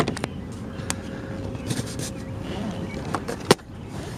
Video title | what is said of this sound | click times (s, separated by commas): 2007 Nissan Xterra Blower Motor Replacement | snaps right in and we | 3.5 s